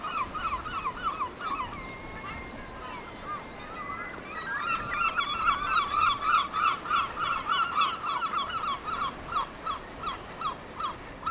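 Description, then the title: Seabird colony chatter, overlapping cries quieter at first, then a louder burst of rapid, evenly repeated yelps from about four seconds, with wind noise beneath. Windy day, 5 June 2009, Cap Fréhel; seabird colony on two islets east of the cape, calling continuously; mono recording. "Oiseaux marins au Cap Fréhel"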